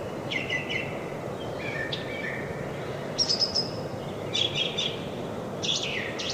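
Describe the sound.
Brown thrasher song with doubled high phrases and slurred notes, partly masked by a steady broad hiss.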